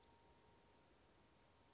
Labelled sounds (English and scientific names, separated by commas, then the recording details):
Western Flycatcher (Empidonax difficilis)
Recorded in Sonoma County, California